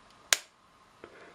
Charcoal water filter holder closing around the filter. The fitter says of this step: Till You Hear The Click and that filter now is